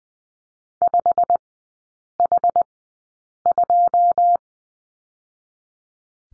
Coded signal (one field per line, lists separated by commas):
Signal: Morse code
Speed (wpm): 20 wpm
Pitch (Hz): 700 Hz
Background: none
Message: 5H2